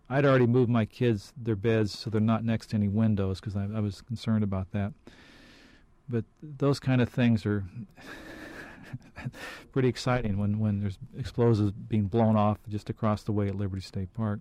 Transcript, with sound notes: I'd already moved my kids, their beds, so they're not next to any windows because I was concerned about that. But those kind of things are (laughs) pretty exciting when there's explosives being blown off just across the way at Liberty State Park.